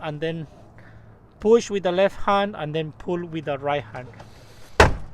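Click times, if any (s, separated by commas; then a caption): 4.8 s. Plastic retaining clips pop out of a Honda Element car door as the plastic door panel is pulled with the right hand while the left hand holds the door. Someone talks, then a sharp pop sounds at 4.8 s as the clips release. Popping like this is normal because those are the plastic clips.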